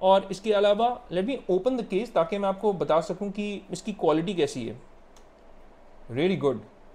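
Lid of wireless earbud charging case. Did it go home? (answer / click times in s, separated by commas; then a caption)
no / none. A man talks while handling the magnetic hinged plastic lid of a Razer Hammerhead X wireless earbud charging case, with a faint short tap near 5.2 s during a pause. The clip ends before the lid snaps shut, so nothing has clicked or seated yet.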